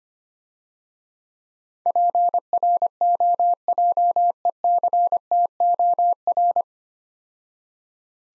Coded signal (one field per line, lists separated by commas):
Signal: Morse code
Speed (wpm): 25 wpm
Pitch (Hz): 700 Hz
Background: none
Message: PROJECTOR